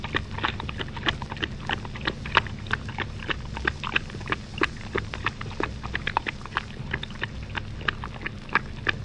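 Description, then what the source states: Dog lapping water: quick wet clicks and splashes repeated irregularly over a low, steady rumble. Dog of unknown breed lapping water.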